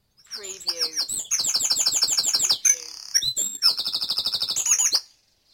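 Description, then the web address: Bird: dawn chorus with rapid repeated high trills and fast chattering phrases, broken by short gaps. Dawn chorus in Mold, North Wales. "beanstalk-audio Dawn Chorus in Mold North Wales"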